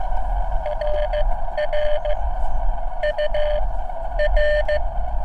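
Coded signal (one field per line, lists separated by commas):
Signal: Morse code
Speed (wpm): 15 wpm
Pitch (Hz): 600 Hz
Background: radio noise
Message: RR UR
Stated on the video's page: CW park activation on a cheap uSDX+ transceiver, which picked up nearby signals badly and occasionally squealed.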